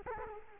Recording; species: mosquito wingbeat signal from an infrared sensor; Culex quinquefasciatus